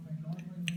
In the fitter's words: set that back into place there it clicks back into place